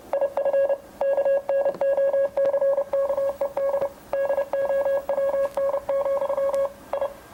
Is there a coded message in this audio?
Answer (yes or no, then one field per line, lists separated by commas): yes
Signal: Morse code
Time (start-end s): 0.1-7.1 s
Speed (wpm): 30 wpm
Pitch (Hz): 550 Hz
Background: none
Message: IF KNOCKED DOWN, I